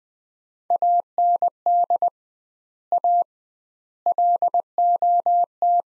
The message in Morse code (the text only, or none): AND A LOT